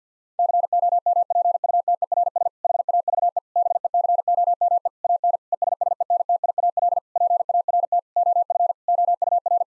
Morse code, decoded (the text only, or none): COMPUTERS HAVE BECOME AN ESSENTIAL PART OF OUR